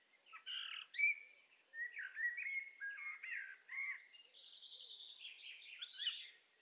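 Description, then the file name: Common blackbird singing a continuous run of fluty, warbled phrases that wobble up and down, ending in a higher, thinner twittering stretch. "Turdus merula"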